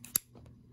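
A COMUNITE mountain bike headlight body is slid onto its plastic handlebar slide mount a second time to show the latch, giving a small tick at 0.1 s and a sharp, bright click at 0.2 s, followed by faint soft taps around 0.4 and 0.5 s. The light is seated on the mount and stays in place, with only a little wiggle.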